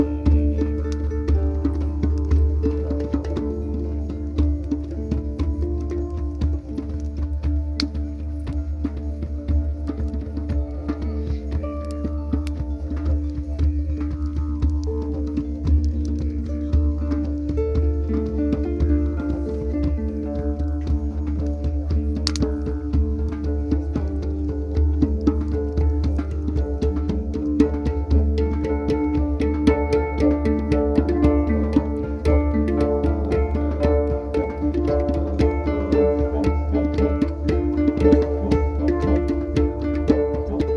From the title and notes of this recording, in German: Ohrenblick: Harfe, Hang und Didgeridoo. Aufgenommen mit einem 3D-Mikrofon. Um die Feuerschale sitzen eine Harfe, ein Hang und ein Didgeridoo. Im Hintergrund hört man das Hämmern der Schmiede.